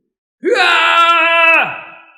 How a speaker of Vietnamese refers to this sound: Không trung truyền đến một tiếng thét dài.